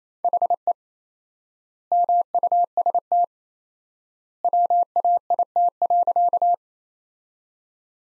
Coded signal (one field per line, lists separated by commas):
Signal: Morse code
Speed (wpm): 28 wpm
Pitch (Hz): 700 Hz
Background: none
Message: HE MUST WAIT.